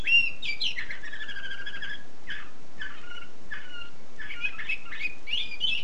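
Canary song with buzzy chirps and short rolling trills, separated by brief gaps, ending in bright squeaky notes.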